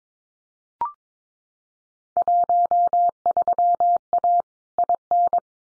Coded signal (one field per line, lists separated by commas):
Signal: Morse code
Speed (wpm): 22 wpm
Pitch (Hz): 700 Hz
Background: none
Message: 13A IN